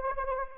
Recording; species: mosquito wingbeat signal from an infrared sensor; Anopheles gambiae